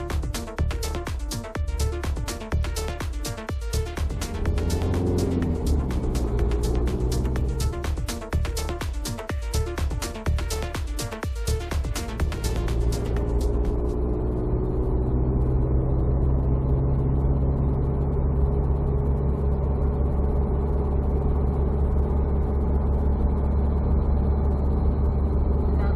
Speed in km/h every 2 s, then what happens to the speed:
12, 25, 38, 48, 57, 58, 61, 68, 71, 73, 74, 75, 75.
0-17 speeds up to 73. 17-26 steady at about 74.